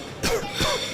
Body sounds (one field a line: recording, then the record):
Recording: coughing mixed with background sound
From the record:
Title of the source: Coughing 51